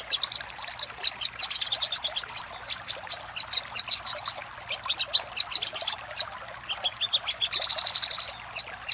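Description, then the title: Little spiderhunter song in long, dense bursts of rapid high notes, broken by short gaps and a few separate sharp chips. Master recording for training cage birds; local name sogok ontong. "Masteran Burung Sogok Ontong Labaik"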